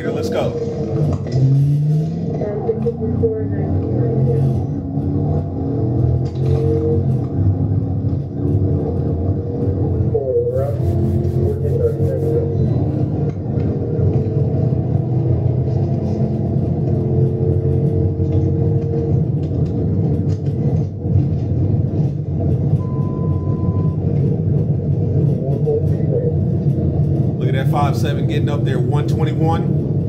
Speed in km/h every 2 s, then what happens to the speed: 29, 63, 87, 103, 121, 135, 148, 158, 163, 172, 180, 187, 192, 195, 201.
0-30 speeds up to 201.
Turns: none.